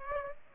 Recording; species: mosquito wingbeat signal from an infrared sensor; Aedes aegypti